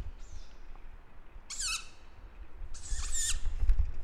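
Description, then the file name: Tawny owl uttering two hoarse, hissing wheezes just over a second apart, preceded by a thin faint whistle, with low rumbling underneath. "waldkauz"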